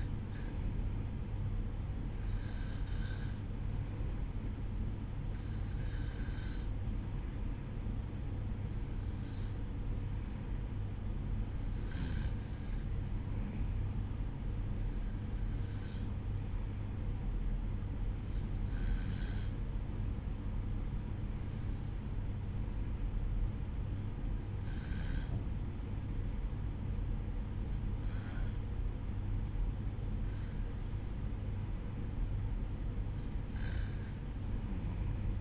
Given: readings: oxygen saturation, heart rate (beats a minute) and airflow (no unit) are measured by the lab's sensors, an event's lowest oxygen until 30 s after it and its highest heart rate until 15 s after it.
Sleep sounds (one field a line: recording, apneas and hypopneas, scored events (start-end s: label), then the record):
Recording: breathing in sleep by a smartphone at the bedside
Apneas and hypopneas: none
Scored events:
24.00-35.41 s: new sleep stage, REM sleep
From the record:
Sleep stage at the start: N1 (lightest sleep)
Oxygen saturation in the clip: 92 to 94%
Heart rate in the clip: 61 to 65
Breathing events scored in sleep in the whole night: 305 in 9.6 hours asleep